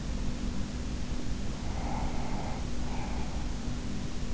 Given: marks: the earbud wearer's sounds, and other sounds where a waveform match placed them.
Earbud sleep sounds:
sounds in sleep by an in-ear microphone; breath
1.29-3.65 s: breath

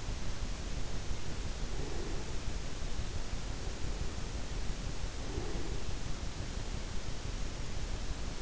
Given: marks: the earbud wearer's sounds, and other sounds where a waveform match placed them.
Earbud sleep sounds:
sounds in sleep by an in-ear microphone; breath
1.63-2.50 s: breath
5.21-6.07 s: breath

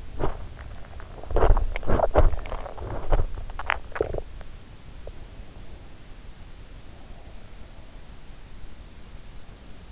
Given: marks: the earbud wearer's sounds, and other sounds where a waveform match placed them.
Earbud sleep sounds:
sounds in sleep by an in-ear microphone; body movement, teeth grinding
0.00-3.53 s: body movement
3.53-4.28 s: teeth grinding

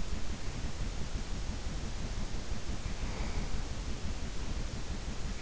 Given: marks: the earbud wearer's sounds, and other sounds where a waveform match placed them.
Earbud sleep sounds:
sounds in sleep by an in-ear microphone; breath
1.91-3.62 s: breath

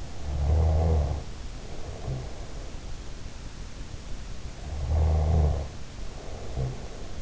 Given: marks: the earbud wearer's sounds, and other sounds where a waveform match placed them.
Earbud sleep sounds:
sounds in sleep by an in-ear microphone; snoring breath
0.18-2.70 s: snoring breath
4.67-7.22 s: snoring breath

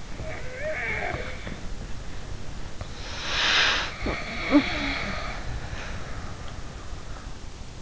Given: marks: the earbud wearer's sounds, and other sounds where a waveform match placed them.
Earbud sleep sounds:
sounds in sleep by an in-ear microphone; snoring breath
0.00-1.36 s: snoring breath
2.99-7.29 s: snoring breath
4.23-4.69 s: sound from someone else or the room

